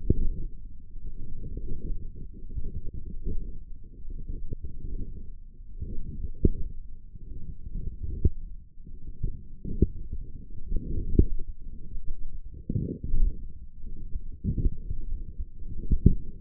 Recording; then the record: forearm muscle sounds (acoustic myography)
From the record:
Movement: wrist flexion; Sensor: system 1, eight BSWA MPA416 microphones around the upper forearm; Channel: 5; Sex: female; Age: 20 years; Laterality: right